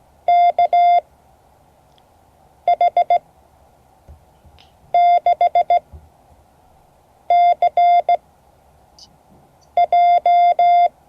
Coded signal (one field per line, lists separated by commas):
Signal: Morse code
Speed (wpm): 16 wpm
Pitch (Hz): 700 Hz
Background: none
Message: KH6CJ